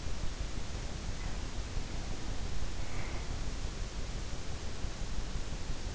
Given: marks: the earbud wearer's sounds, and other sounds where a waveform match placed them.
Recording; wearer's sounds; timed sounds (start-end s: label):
sounds in sleep by an in-ear microphone; breath
1.82-3.40 s: breath